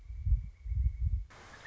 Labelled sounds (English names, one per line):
Pileated Woodpecker